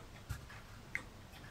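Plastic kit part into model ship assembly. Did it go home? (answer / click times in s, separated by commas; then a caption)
yes / 1.0 s. A plastic kit part is pushed back into its position on a model ship assembly and pops into place with a single sharp click at 0.9 s. A duller low thump is heard earlier, around 0.3 s. The part is seated.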